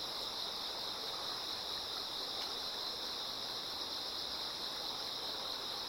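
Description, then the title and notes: Insects chorus in a steady, unbroken high shimmer with a fainter band above it, over the constant rushing wash of a flowing stream. Insects singing in chorus beside a slowly flowing river. "流れる川の音、虫の歌声に身を任せて. 川がゆっくり流れる音にのせて、虫たちが合唱する"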